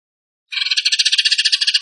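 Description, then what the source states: Bird song: sudden buzzy, rattling trill of fast pulses starting after a brief silence and running without a break. Masteran (training recording) of bird song in tembakan gacor style.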